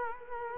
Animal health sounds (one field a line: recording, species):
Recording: mosquito wingbeat signal from an infrared sensor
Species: Culex quinquefasciatus